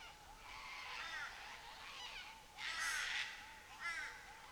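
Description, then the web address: Cockatoo calling: rough, scratchy screeches building to a loud harsh burst, then a shorter one, with steady repeated chirping in the background. Cockatoos in Nightcap National Park, Australia. "Les Cartes Postales Sonores NOISE ON EARTH Vol 7 AUSTRALIA Les Cartes Postales Sonores - Cocatoes of Nightcap NP"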